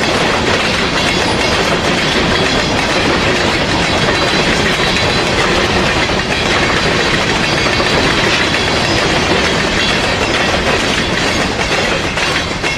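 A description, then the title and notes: A train rolls along the tracks with a steady, dense rumble and rapid rhythmic clatter, loud throughout without pause. Train On Tracks.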